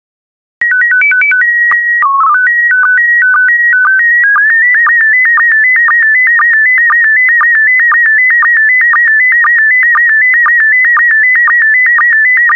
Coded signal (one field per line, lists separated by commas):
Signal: SSTV (slow-scan television)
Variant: PD 120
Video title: 93075 Brazil SSTV PD120